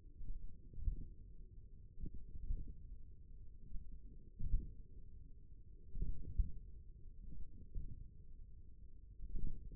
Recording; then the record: forearm muscle sounds (acoustic myography)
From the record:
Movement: tripod grip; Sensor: system 1, eight BSWA MPA416 microphones around the upper forearm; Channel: 2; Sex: male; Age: 28 years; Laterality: right